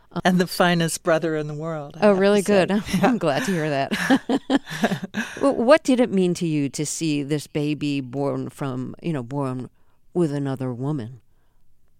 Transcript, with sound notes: And the finest brother in the world.
Oh really? Good. I'm glad to hear that.
(LAUGHTER)
What did it mean to you to see this baby born from - you know, born with another woman?